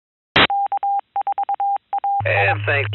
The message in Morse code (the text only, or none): K4AI